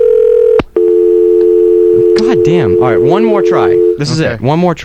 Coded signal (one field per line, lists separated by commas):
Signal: telephone call progress tone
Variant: North America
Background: speech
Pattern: dial tone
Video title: NO POSITIVE RADIO - Episode 053 - 05/05/02